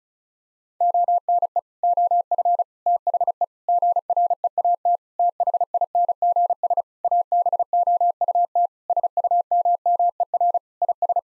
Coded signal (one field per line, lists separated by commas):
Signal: Morse code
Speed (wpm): 36 wpm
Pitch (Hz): 700 Hz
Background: none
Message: ONE OF THE GREAT THINGS ABOUT SUMMER IS